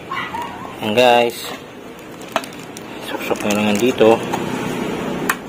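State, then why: Seated. After a rear RCB monoshock is refitted on a Click 125i V3 scooter, a plastic wiring connector is pushed into its mating socket on the motorcycle harness while someone talks. A sharp click at 5.3 s confirms the connector has seated and locked.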